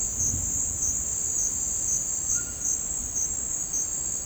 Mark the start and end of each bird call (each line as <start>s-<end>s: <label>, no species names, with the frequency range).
2.25s-2.61s: bird call (0.9-1.8 kHz)